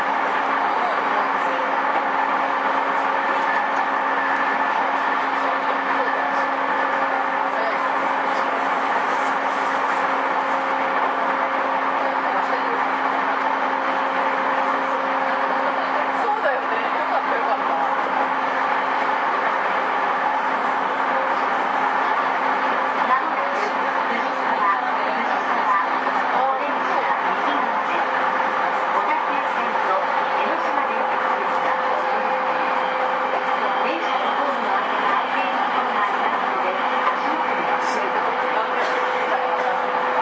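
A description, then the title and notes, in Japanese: A JR E231 series train runs between Itō and Yokohama with a steady, dense rumble that holds an even loudness for the whole forty seconds. Two low, constant hums sit under the roar, and faint clicks and rattles tick through now and then. JRE231系 伊東〜横浜。区間は伊東線→東海道線です。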